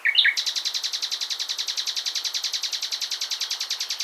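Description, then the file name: Common nightingale song opening with a bright flourish, then a long, quick, rhythmic rattle of repeated buzzy notes. "Luscinia megarhynchos"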